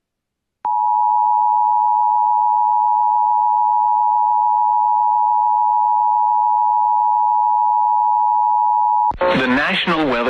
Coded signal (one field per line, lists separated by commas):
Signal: Emergency Alert System (SAME) tones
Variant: 853 and 960 Hz attention tone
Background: speech